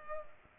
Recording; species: mosquito wingbeat signal from an infrared sensor; Culex pipiens